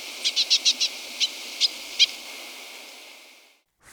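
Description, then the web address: Andean siskin song, a quick run of five high chips followed by three spaced notes, then quiet before a brief low thump at the end. Recorded in Ecuador. "Birds of Ecuador. Andean Siskin"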